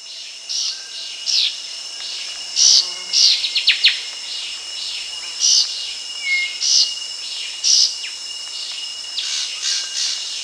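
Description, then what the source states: Maroon-breasted philentoma calls: short, high whistled notes given irregularly, some in quick clusters, over a steady high insect drone with other faint bird notes. Recorded at Danum on 1 March 2008.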